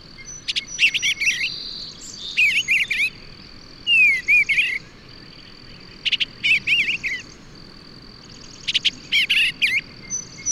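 Bird song: bright twittering phrases and a few slurred rising-falling whistles in bursts every second or two, over a constant high buzzing tone like an insect.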